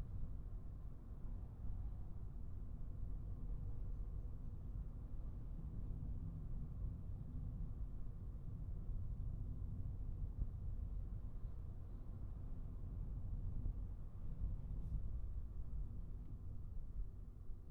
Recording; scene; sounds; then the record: everyday scene through a hearing-aid microphone; in a vehicle; engine, highway traffic jam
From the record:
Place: Skoda Fabia, gasoline engine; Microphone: behind the ear, right, front